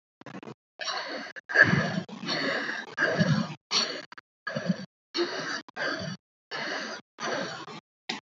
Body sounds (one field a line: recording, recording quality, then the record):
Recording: deep breathing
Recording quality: excellent, no background noise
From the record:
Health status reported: COVID-19 positive, mild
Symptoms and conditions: cold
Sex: female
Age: 23 years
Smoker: not ticked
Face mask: not worn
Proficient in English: no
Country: India